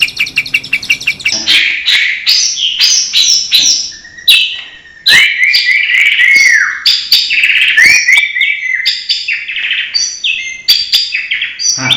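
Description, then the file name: Long-tailed shrike song, a varied medley that opens with fast ticking notes, then slurred whistles, warbled phrases and scratchy chatter, with a brief pause midway. Banyuwangi; tutor recording (masteran) for training birds, full 'isian' song style. "cendet banyuwangi"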